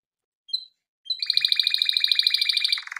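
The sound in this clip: Canary giving a short high note, then a fast rattling trill of repeated pulses lasting about two seconds.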